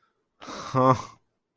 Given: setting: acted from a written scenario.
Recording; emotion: vocal sound without words; contempt